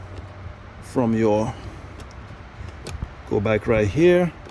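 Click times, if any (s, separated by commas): none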